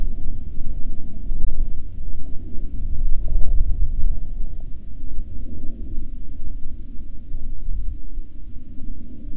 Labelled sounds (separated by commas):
wind, aircraft